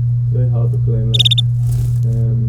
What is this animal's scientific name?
Serinus canaria